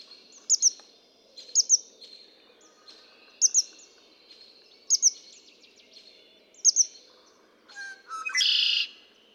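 Red-winged blackbird gives a single harsh, buzzy trilled song near the end, preceded by repeated high double chip notes.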